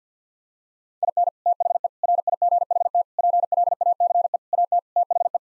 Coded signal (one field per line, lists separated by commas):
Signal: Morse code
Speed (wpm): 50 wpm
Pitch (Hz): 700 Hz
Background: none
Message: IN THE RIGHT PLACE AT THE